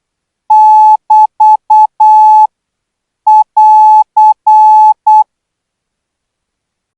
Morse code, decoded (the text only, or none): <BT> <AR>